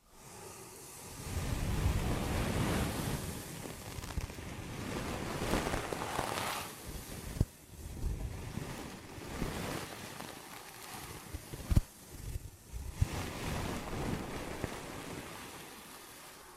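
An ear and scalp massage: dense, rushing rubbing sounds swell and fade in long, uneven surges, loudest around two to six seconds. The friction is full and low-heavy, broken by sharp clicks near seven and twelve seconds, with quieter scratchy stretches between.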